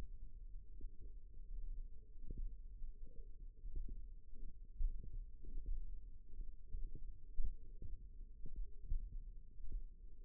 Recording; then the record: forearm muscle sounds (acoustic myography)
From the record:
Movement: finger pinch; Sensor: system 1, eight BSWA MPA416 microphones around the upper forearm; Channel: 8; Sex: female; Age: 21 years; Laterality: right